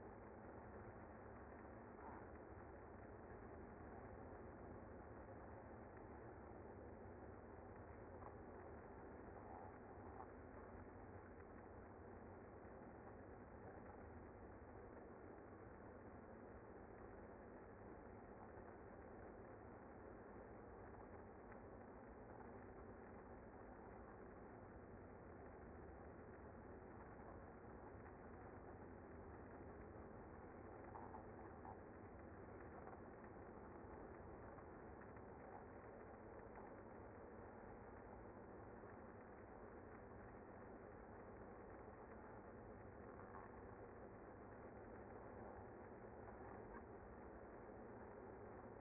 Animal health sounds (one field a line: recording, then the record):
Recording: honeybee colony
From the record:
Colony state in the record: active